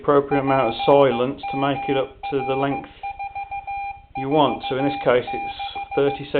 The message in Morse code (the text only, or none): PMR446